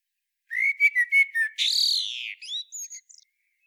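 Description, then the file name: Common blackbird singing one phrase of steady fluted notes, then a strained screech and a few high thin twitters. "Turdus merula"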